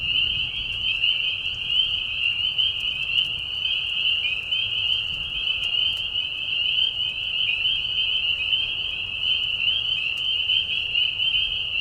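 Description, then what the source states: Chorus of spring peepers, countless high piping whistles merging into one continuous shimmering drone throughout. Chorus of peepers in a marsh at night, mating call during a very short spring season; high whistles at low volume; Tiny Marsh Conservation Area, Tiny, Ontario.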